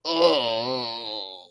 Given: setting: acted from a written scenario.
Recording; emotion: vocal sound without words; disgust